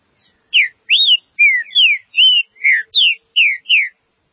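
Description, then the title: Green-winged saltator song of about nine rich whistled notes, some rising then falling, others sliding downward, evenly spaced in a lively rhythm. "Trinca Ferro"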